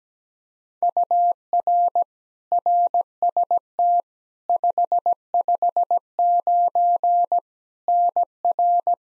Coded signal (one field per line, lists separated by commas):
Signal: Morse code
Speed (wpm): 17 wpm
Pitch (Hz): 700 Hz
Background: none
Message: UR RST 559 NR